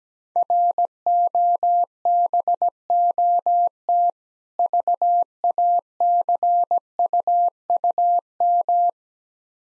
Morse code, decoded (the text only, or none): ROBOT VACUUM